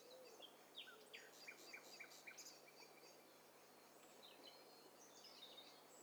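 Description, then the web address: Several birds calling at once: thin high chirps, quick downslurred notes and trills overlapping throughout, over a faint steady low hum. Mixture of several birds, stereo. "STEREO BIRD COCKTAIL PARTY"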